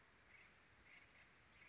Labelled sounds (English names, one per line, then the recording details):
Brown Creeper
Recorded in Sonoma County, California